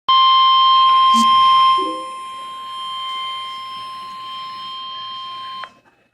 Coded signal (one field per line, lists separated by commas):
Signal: Emergency Alert System (SAME) tones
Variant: 1050 Hz attention tone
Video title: EAS Alert #391- Flash Flood Warning 5/11/14